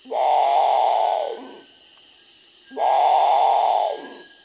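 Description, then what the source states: Great Potoo groaning call: two long, hoarse moans separated by a pause. Groaning call likened to a person kvetching over a mistake; related to the whip-poor-will.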